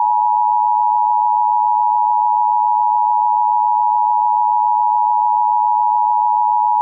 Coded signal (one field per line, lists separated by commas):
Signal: Emergency Alert System (SAME) tones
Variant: 853 and 960 Hz attention tone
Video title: EAS Scenario - Before The Dawn